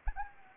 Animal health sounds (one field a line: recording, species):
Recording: mosquito wingbeat signal from an infrared sensor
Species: Anopheles arabiensis